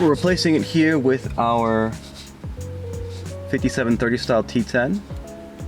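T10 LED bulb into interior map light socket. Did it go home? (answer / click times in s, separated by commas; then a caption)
no / none. A 5730-style T10 wedge-base LED bulb is being pushed into the plastic socket of the front map light in the overhead console of a 3rd generation (2010–2016) Ford Focus. Someone talks over background music while the bulb is handled. Nothing has seated or clicked yet.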